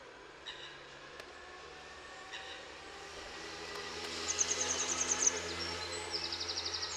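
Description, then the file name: Grey wagtail giving a quick string of sharp, high notes, followed by a slightly lower rapid series. Recorded in Utrecht. "Grote gele kwikstaart in Utrecht"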